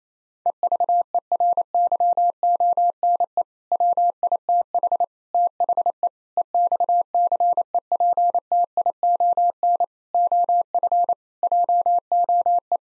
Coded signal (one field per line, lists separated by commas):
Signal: Morse code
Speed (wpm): 27 wpm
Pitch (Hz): 700 Hz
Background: none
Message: EVERYONE WITH THE EXCEPTION OF JOE